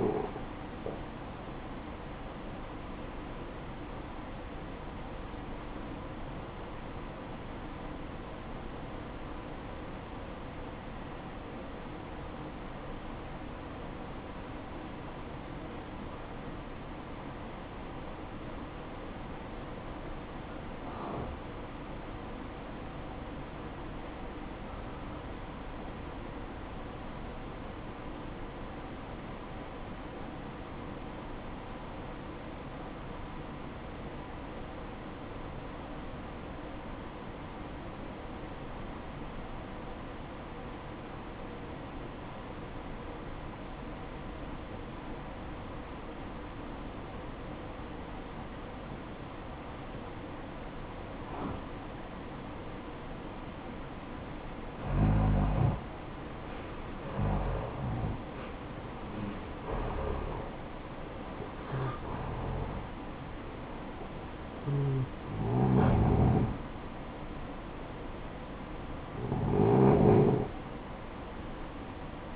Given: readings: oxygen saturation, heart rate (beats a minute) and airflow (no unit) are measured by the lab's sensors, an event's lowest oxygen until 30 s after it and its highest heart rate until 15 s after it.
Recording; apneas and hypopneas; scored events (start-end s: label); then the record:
breathing in sleep by a voice recorder at the bedside; 1
5.00-55.10 s: obstructive apnea (N1, oxygen 94% highest, then 79% lowest, heart rate 57 at the start, 81 highest)
6.00-72.36 s: new sleep stage, REM sleep
From the record:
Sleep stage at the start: N1 (lightest sleep); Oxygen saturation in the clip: 82 to 94%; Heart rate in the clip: 53 to 81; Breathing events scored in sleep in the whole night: 573 in 9.8 hours asleep